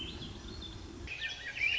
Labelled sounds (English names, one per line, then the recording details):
Swainson's Thrush
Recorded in Sonoma County, California